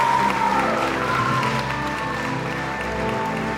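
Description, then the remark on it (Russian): A crowd cheers and claps in welcome as a father embraces his son, a steady, loud wash of noise that holds for a few seconds without letting up, with a faint sustained tone running underneath. “подхватил своего сына и крепко обнял его под приветственные крики толпы.”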